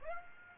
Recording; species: mosquito wingbeat signal from an infrared sensor; Aedes aegypti